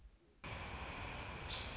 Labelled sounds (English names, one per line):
American Robin